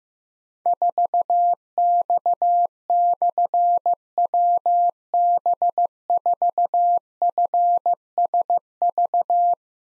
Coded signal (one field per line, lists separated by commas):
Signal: Morse code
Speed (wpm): 15 wpm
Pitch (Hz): 700 Hz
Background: none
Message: 4X/WB4FSV